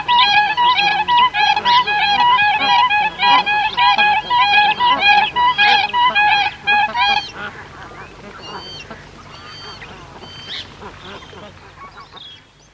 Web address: earth naturelibrary. siberian crane